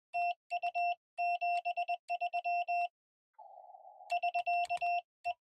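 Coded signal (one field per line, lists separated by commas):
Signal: Morse code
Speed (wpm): 21 wpm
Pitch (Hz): 700 Hz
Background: none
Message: TU73 <SK>E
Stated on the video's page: Morse code from a QRP portable Parks On The Air activation at a two-park site, Yadkin River State Game Land and State Trail.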